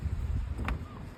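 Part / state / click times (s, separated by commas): rigging clip into its mount on a small sailboat / seated / 0.7 s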